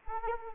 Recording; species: mosquito wingbeat signal from an infrared sensor; Anopheles arabiensis